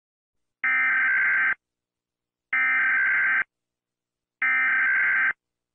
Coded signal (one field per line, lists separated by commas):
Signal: Emergency Alert System (SAME) tones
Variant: header bursts